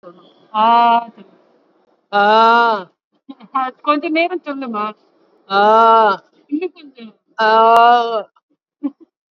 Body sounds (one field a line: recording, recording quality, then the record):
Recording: sustained vowel as in made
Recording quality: poor, much background noise or distortion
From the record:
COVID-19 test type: RT-PCR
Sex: female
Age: 61 years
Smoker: no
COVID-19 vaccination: both doses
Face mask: worn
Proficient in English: yes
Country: India